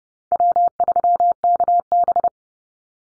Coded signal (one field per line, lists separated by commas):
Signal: Morse code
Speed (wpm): 30 wpm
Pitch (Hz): 700 Hz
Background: none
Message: W3KB